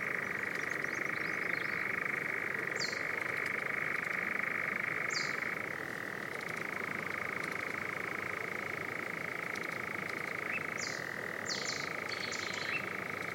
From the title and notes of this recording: The Old Railway Path - Chris Watson. Composer and sound recordist Chris Watson follows the overgrown railway path between Aldeburgh and Saxmundham. Recording an array of elemental, animal and bird sounds.